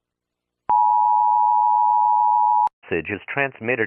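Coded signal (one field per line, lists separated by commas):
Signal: Emergency Alert System (SAME) tones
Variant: 853 and 960 Hz attention tone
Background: speech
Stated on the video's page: Fictional EAS scenario.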